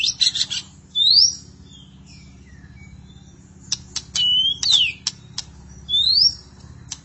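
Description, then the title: Magpie-robin or shama song: sharp rising whistled upslurs, a level whistle and dense clicking, scratchy notes, phrases coming in quick bursts. "Suara Burung Murai"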